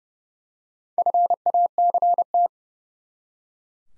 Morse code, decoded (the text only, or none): FACT